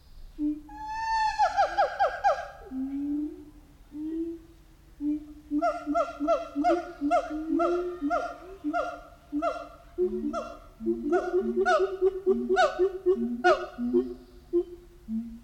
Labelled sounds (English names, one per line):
Siamang